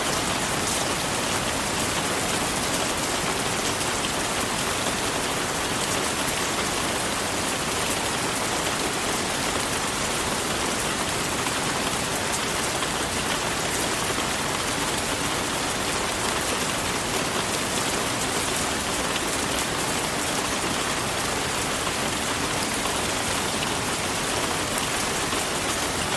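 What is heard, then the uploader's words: Steady rain falls on a rainforest treehouse, a dense, even hiss that holds at the same level for the whole stretch. The sound is bright, with countless fine droplet patters and a soft rumble underneath, unbroken by any distinct events. Rain Sounds for Sleeping In Rainforest Treehouse Bedroom.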